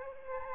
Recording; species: mosquito wingbeat signal from an infrared sensor; Aedes aegypti